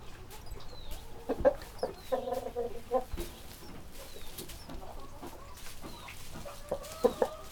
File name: chicken steps in straw in low ceiling barn room